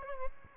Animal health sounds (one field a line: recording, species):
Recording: mosquito wingbeat signal from an infrared sensor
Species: Aedes albopictus